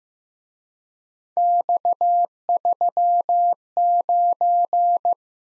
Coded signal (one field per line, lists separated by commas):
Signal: Morse code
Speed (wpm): 18 wpm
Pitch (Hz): 700 Hz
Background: none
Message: X39